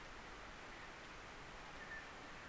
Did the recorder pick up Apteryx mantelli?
no